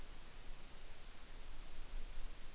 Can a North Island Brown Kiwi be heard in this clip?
no